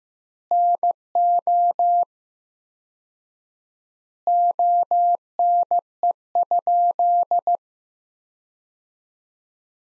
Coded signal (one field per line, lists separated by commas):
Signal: Morse code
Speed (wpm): 15 wpm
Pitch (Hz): 700 Hz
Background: none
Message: NO ONE?